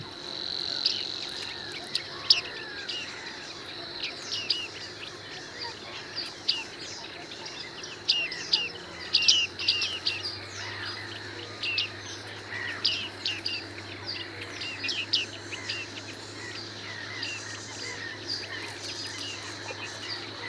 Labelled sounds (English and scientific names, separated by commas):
Bearded Reedling (Panurus biarmicus) call